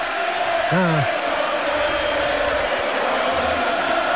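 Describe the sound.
A large crowd cheers and claps in a dense, steady roar that holds at an even loudness, with one voice letting out a short falling whoop near the start.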